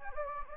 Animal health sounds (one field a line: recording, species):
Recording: mosquito wingbeat signal from an infrared sensor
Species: Anopheles gambiae